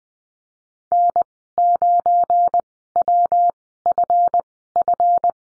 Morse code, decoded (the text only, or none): N9WFF